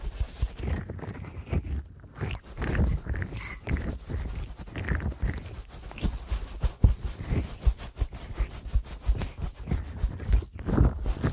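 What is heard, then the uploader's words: Ear cleaning with dense, irregular rubbing and scratching, low rumbling thumps and sharp crackles recurring throughout, briefly quieter just after two seconds. ASMR Best Ear Cleaning.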